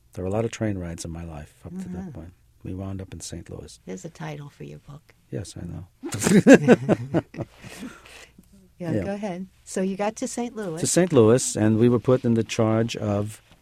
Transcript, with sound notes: There were a lot of train rides in my life, up to that point. We wound up in St. Louis.
There's a title for your book.
Yes. I know. (Both laugh)
Yeah, go ahead. So you got to St. Louis...
To St. Louis and we were put in the charge of